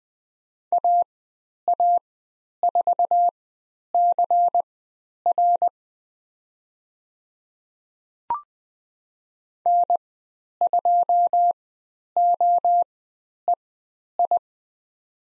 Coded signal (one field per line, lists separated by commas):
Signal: Morse code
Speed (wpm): 20 wpm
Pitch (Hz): 700 Hz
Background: none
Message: AA4CR N2OEI